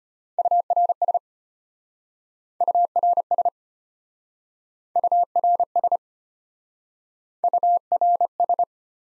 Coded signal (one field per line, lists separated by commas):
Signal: Morse code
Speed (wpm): 33 wpm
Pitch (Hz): 700 Hz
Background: none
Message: URS URS URS URS